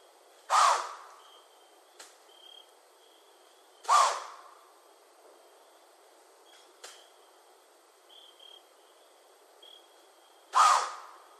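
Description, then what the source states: White-tailed deer snorting: three loud, hissing exhalations, the second about three and a half seconds after the first and the third nearly seven seconds later, between them faint whistled bird notes and a few soft clicks. Recorded on 11 January 2012.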